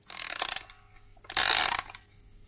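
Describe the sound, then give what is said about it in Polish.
A toilet paper holder that doubles as a music box, its mechanism set off by pulling the toilet paper, gives two bursts of dry, rapid ratcheting clicks, the second louder and denser, with a short quiet gap between them and no voices. “Uchwyt do papieru toaletowego będący jednocześnie pozytywką.”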